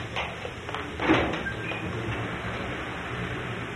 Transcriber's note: door closes